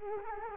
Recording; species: mosquito wingbeat signal from an infrared sensor; Culex quinquefasciatus